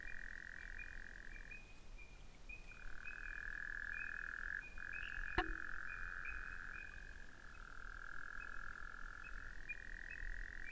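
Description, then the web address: Frog chorus of long sustained trills, several overlapping and alternating, with short higher pips repeating rapidly above them and a single sharp click midway. Recorded 11 February 2017. "frog rec 20170211"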